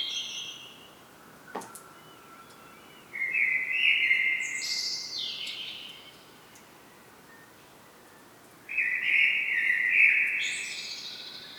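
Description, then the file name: Common blackbird delivering two fluty warbled phrases a few seconds apart, each closing with a squeaky high twitter, with a sharp click early on. "Turdus merula"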